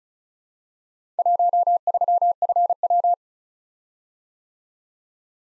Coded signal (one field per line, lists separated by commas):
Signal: Morse code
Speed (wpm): 36 wpm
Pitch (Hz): 700 Hz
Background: none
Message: 13FW